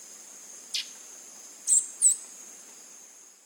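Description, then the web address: Fulvous-crested tanager uttering a soft note followed by two sharp, high chips about a third of a second apart, with a continuous insect buzz behind. Eastern lowlands of South America. "Natures Songs S America Eastern Lowlands. Fulvous-crested Tanager"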